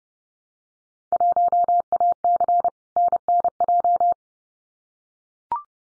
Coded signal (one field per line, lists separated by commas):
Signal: Morse code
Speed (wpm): 30 wpm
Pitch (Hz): 700 Hz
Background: none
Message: 1AC NNJ